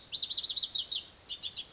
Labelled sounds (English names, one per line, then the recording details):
Pacific Wren
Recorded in Sonoma County, California